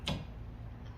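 An Auto Drive wiper blade's adapter is slid up a hook-style car windshield wiper arm until its plastic tabs snap into place, giving one short, sharp click at 0.1 s over a low, steady background. The blade is seated and held securely on the arm.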